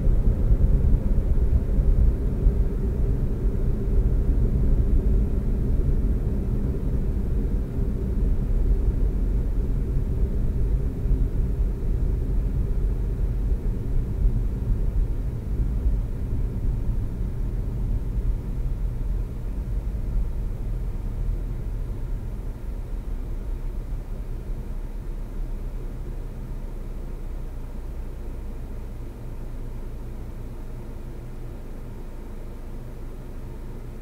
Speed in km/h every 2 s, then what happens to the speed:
68, 63, 58, 52, 47, 42, 37, 32, 26, 19, 13, 10, 6, 0, 0, 0, 0.
0-26 slows to 0. 26-34 standing.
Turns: none.